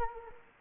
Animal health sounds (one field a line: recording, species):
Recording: mosquito wingbeat signal from an infrared sensor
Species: Anopheles gambiae